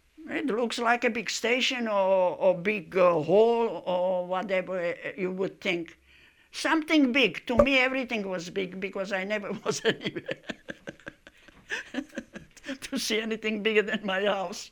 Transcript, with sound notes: It looks like a big station or, or big hall, or whatever you would think. Something big. To me everything was big because I never was anywhere. (laughing hard) To see anything bigger than my house.